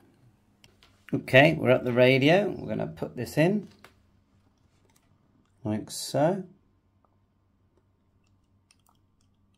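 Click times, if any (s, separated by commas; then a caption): 8.7 s. A microSD card, taken out of its adapter, is pushed into the card slot of an ICOM ID-52 handheld radio, gently and without forcing it. Someone talks, then a few faint ticks follow, and a very light click at 8.7 s marks the card latching into the slot.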